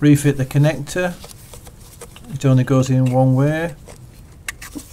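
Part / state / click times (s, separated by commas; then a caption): wiring loom plug onto camshaft position sensor / seated / 4.5 s. Someone talks as a 3-pin plastic wiring loom connector is pushed onto the camshaft position sensor of a 1999–2007 Mk1 Skoda Fabia 1.9 ATD; the connector only fits one way. A sharp click at 4.5 s marks the connector seating on the sensor.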